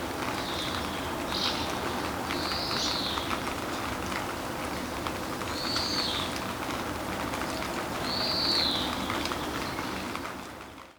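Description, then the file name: European greenfinch giving drawn-out, nasal wheezing notes that arch up and down, spaced a few seconds apart over steady background hiss. "Chloris chloris"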